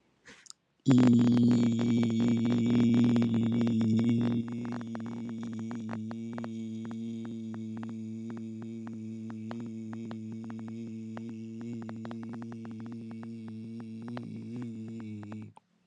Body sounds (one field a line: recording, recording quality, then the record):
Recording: sustained vowel as in beet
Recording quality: moderate, slight background noise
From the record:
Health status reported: healthy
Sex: male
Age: 50 years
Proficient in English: yes